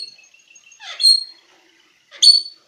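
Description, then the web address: Australian king parrot calls: two sharp, high, harsh notes a little over a second apart over a quiet background, with faint thin whistles before them. Recorded 16 January 2019. "parrots alisterus-scarularis"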